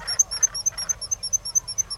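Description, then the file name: Black guillemot giving thin, high piping whistles in a rapid series, with a few lower buzzy sounds in the first second. "Gryllteiste"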